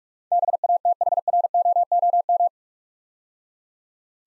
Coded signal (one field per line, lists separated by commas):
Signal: Morse code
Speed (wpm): 44 wpm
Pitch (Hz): 700 Hz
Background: none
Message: BATHROOM